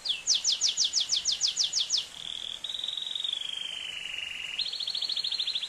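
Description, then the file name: Atlantic canary song opening with a series of fast descending whistled sweeps, then a steady buzzy trill that dips slightly before jumping to a higher rapid trill. "canto do canario do reino"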